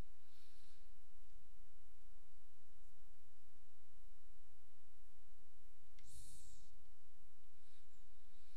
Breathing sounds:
nose breathing near a microphone
0.00-1.25 s: inhalation
5.90-7.30 s: exhalation
7.30-8.57 s: inhalation
From the record:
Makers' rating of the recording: medium

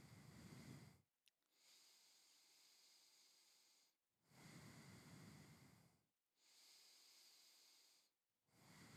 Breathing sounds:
nose breathing near a microphone
0.00-1.16 s: exhalation
1.16-3.91 s: inhalation
3.91-6.16 s: exhalation
6.16-8.31 s: inhalation
8.31-8.97 s: exhalation
From the record:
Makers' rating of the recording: medium

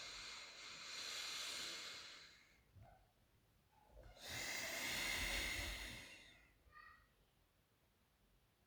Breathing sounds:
nose breathing near a microphone
0.00-2.45 s: inhalation
3.92-6.52 s: exhalation
From the record:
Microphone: phone

